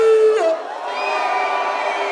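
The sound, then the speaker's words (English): A crowd at a jungle music event in Notting Hill, London, screams and cheers loudly, many high-pitched voices overlapping in a sustained roar that starts with one shrill held note, then swells into a dense, steady wall of yelling. “scream!”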